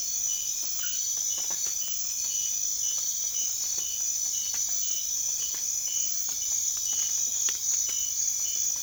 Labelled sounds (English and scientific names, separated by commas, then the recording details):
none
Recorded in secondary vegetation near Puerto Asís, Putumayo, Colombia, on 25 June 2025 at 01:00
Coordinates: 0.500, -76.326
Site GP08